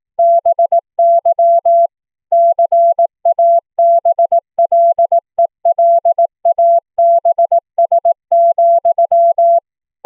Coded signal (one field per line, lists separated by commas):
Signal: Morse code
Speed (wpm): 18 wpm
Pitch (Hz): 680 Hz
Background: none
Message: BY CABLELABS,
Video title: Morse Code audio QSO over the internet - using the BroadVoice Audio Codec "BV16" on Linphone